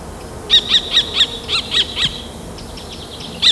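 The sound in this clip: Kestrel uttering a fast string of high, sharp repeated notes, then fainter notes and one more loud note at the end.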